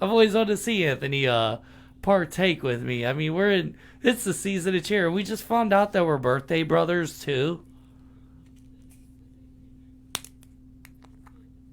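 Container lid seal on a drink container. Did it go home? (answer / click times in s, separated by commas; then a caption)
released / 10.2 s. Someone talks for about the first 7.5 seconds, then it goes quiet except for a steady low hum. At 10.2 seconds the sealed lid of a drink container snaps open with a sharp crack, breaking its seal, followed by a few faint small clicks.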